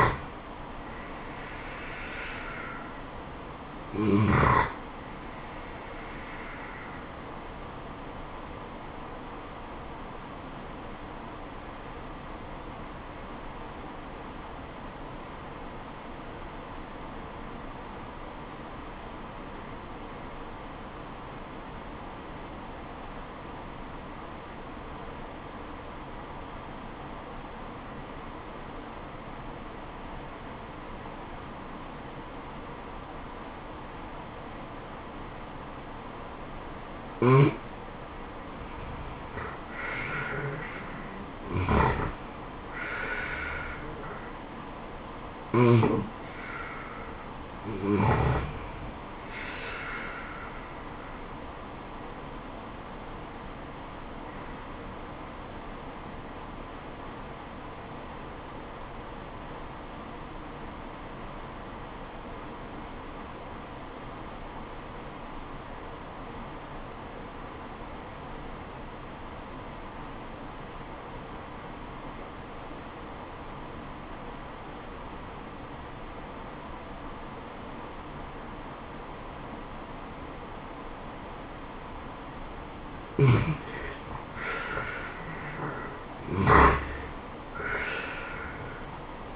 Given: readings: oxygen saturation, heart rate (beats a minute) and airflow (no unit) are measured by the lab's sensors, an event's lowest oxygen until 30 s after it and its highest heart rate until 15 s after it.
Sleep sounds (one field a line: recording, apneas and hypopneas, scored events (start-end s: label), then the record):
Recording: breathing in sleep by a voice recorder at the bedside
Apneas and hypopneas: 2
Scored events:
10.00-39.70 s: obstructive apnea (N2, oxygen 95% highest, then 80% lowest, heart rate 69 at the start, 75 highest)
53.00-85.00 s: obstructive apnea (N2, oxygen 94% highest, then 78% lowest, heart rate 71 at the start, 79 highest)
From the record:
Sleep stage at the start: N2 (light sleep)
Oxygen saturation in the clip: 79 to 95%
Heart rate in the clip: 64 to 77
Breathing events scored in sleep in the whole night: 426 in 7.4 hours asleep